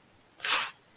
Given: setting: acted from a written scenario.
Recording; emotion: vocal sound without words; shame